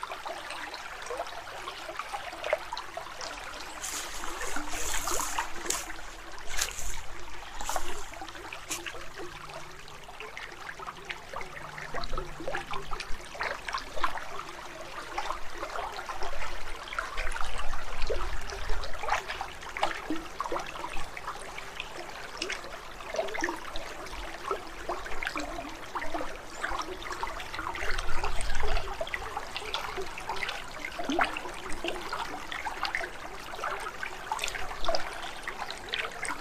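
Outdoor wetland and forest ambience near a river, filled with a dense, busy patter that sounds like trickling water with crisp little clicks and splashes throughout. A faint low drone hangs early on, and the texture swells briefly around 18 and 28 seconds.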